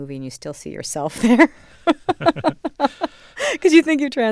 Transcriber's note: laughter